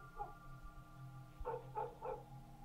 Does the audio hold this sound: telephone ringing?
no